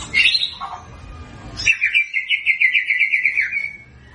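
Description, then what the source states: White-rumped shama song: a few short high whistled notes, then a fast buzzy pulsed trill held for nearly two seconds, ending with one brief note. Lure recording of a vigorously singing shama, meant to make white-rumped shamas respond.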